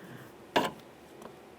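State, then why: Seated. On a 2005–2010 Chevy Cobalt front exterior door, the door handle rod is lined up in the latch and locked in with the yellow plastic retaining clip tab. A sharp, loud click at 0.6 s marks the clip locking the rod into the latch, followed by a faint tick at 1.3 s. The clip is seated.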